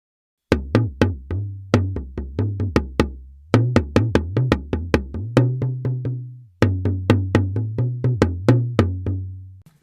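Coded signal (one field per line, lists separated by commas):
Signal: talking drum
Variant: Yoruba dùndún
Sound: quick series of resonant drum strokes whose low pitch rises and falls in speech-like phrases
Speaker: The first thing I'm going to play is a speech sample of Yoruba. Àgbọ̀ngbẹ òkun, alùgbùlùgbù ọ̀sà, bọ́sà bá ṣe bí òkun kò ní járí mú mi, omi lẹ́ngbẹ́ ni nílé alájogun. And then I'm going to play the drums.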